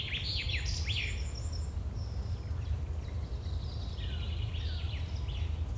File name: Birds Chirping on Field with farm nearby